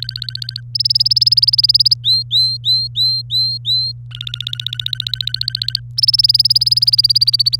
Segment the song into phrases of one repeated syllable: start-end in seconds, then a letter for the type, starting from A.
0.00-0.60 A, 0.74-1.94 B, 2.04-3.92 C, 4.11-5.79 A, 5.98-7.56 B